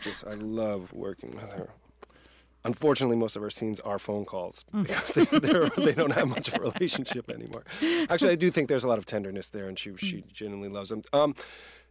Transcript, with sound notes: I love working with her. Unfortunately, most of our scenes are phone calls because...
(Laughter).
...They don't have much of a relationship anymore.
Right.
Actually, I do think there's a lot of tenderness there, and she genuinely loves him.